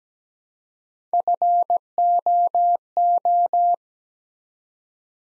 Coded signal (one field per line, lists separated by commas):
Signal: Morse code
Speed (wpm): 17 wpm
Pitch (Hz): 700 Hz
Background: none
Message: FOO